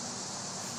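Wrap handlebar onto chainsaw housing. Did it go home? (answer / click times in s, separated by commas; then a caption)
no / none. A 3/4 wrap handlebar is handled against the housing of a Stihl MS400 chainsaw while being fitted. Only a steady broadband hiss with no sharp transients is heard throughout. Nothing has seated or clicked yet.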